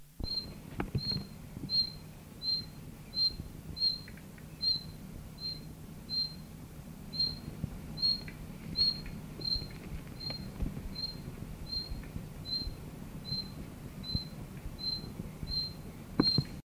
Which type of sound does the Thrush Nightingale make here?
alarm call